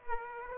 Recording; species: mosquito wingbeat signal from an infrared sensor; Aedes aegypti